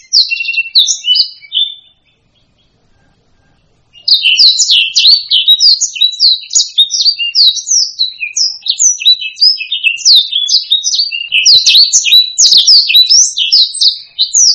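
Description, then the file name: Black-throated laughingthrush singing a fast, chattering run of high, varied whistles and chirps; it stops for about two seconds, then resumes in a dense, busy outpouring. "suara kicauan burung blacksang. omkicau"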